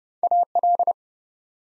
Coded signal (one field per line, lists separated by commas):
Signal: Morse code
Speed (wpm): 30 wpm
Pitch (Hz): 700 Hz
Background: none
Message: AL